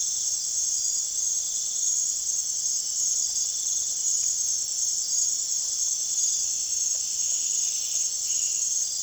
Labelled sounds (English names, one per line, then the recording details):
none
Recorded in secondary vegetation near Puerto Asís, Putumayo, Colombia, on 25 June 2025 at 00:30
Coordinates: 0.489, -76.322
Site G021